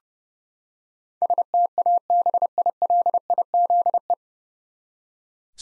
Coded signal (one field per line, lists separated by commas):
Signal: Morse code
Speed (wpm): 30 wpm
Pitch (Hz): 700 Hz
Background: none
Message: STABILIZE